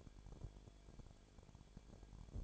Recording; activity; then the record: daily activity, microphone in the room; no activity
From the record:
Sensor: 5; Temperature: 19.8 degrees Celsius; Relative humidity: 33.3%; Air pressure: 1001.4 hPa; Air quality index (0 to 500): 31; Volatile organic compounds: 1 ppm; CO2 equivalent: 525 ppm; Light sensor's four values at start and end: 2/3/1/1 and 2/3/1/1